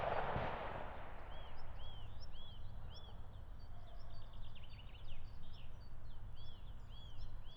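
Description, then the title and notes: European green woodpecker giving runs of quick, arched laughing notes after a sharp gunshot, with other small birds twittering above and a low constant rumble. Meadow right beside a shooting range in Siemianowice Śląskie, Poland, Saturday 23 March 2019; regular gunshots, woodpecker unbothered; recorded with Zoom H5 and Audio-Technica BP4025 microphone. "aleja Spacerowa. Siemianowice Śląskie, Polska - Łąka przy strzelnicy. sobota 23 marca 2019. Dzięcioł zielony (Picus viridis)"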